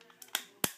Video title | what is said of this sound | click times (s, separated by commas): Power Rangers Wild Force Konga Megazord "Review" | snaps into place just like so | 0.6 s